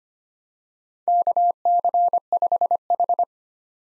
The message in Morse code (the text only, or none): KC5H